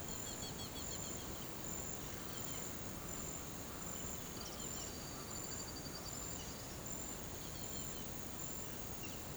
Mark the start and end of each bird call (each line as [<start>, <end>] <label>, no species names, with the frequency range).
[0.00, 1.40] bird call (2.7-5.6 kHz)
[4.28, 6.21] bird call (2.8-5.9 kHz)